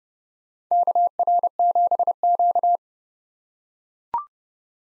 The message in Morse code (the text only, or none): KR7Q